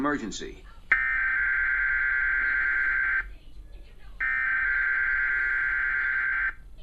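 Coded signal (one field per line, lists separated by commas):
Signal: Emergency Alert System (SAME) tones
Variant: header bursts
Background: speech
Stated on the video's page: Required weekly test received on TV via cable, late at night.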